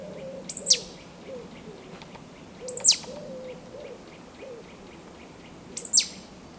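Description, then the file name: Marsh tit calls: sharp, very high notes that dip steeply downward, given in quick pairs three times over a few seconds. "Poecile palustris"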